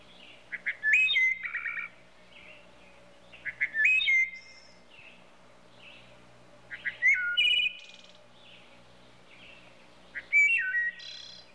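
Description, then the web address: Wood thrush delivering four phrases at steady intervals, each a short, liquid, whistled ee-oh-lay figure closing with a shimmering high trill. "bird trushes wood thrushes animal"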